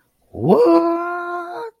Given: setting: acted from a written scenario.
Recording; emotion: vocal sound without words; positive surprise